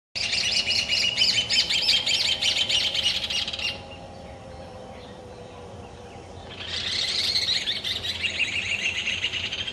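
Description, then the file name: Rufous hornero song, a loud rapid chattering series of sharp high notes lasting nearly four seconds, a pause, then a second fast burst starting up again. "joão-de-barro"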